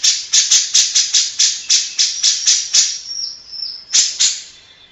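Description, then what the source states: Grey-cheeked bulbul producing a quick series of rasping notes that stops briefly, with a faint whistle, before two final harsh calls. Long-duration recording made for training cage birds (masteran).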